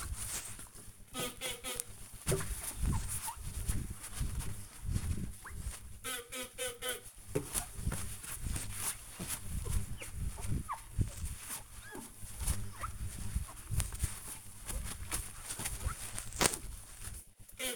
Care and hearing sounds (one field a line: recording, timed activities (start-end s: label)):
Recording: household activities, microphone on the right wrist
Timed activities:
0.00-17.76 s: window cleaning